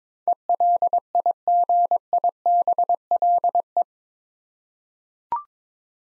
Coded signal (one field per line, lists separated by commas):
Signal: Morse code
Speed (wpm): 22 wpm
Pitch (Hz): 700 Hz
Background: none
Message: ELIGIBLE